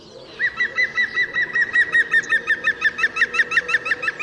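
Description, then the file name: European green woodpecker giving a long laughing series of many quick ringing notes, steady in pace and loudness, over a faint background hum. "Dzięcioł zielony"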